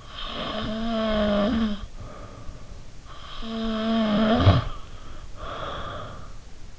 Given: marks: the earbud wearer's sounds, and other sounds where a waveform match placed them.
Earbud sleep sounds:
sounds in sleep by an in-ear microphone; snoring breath
0.06-2.75 s: snoring breath
3.09-6.43 s: snoring breath

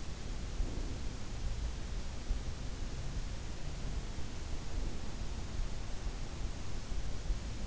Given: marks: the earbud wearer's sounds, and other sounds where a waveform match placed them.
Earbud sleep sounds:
sounds in sleep by an in-ear microphone; breath
0.51-1.18 s: breath

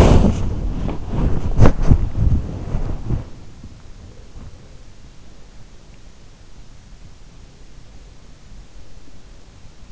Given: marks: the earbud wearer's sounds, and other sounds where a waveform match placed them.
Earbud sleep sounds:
sounds in sleep by an in-ear microphone; body movement
0.00-2.48 s: body movement

